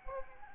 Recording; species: mosquito wingbeat signal from an infrared sensor; Anopheles gambiae